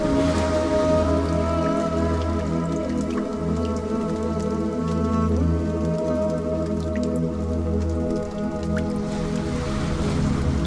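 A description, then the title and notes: Flowing water with a melody: sustained tones hold steady in layers, with a strong low hum that pulses on and off. Light drips and small splashes pop through now and then, thickening toward the end as the texture grows busier. Water flow with beautiful melody.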